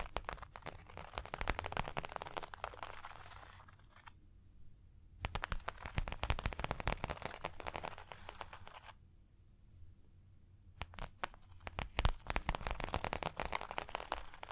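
Fingertips tap, scratch and trace across a surface in dense, crackly bursts, with quick taps packed into the scratching. Busy stretches run to about 4 s, from 5 to 9 s, and again after 11 s, broken by sparse single taps over a steady low hum.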